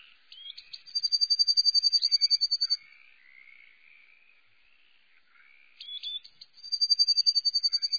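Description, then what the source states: Eurasian blue tit song: a couple of sharp high notes leading into a fast, even, high trill lasting about two seconds, then the song begins again. Songs and calls.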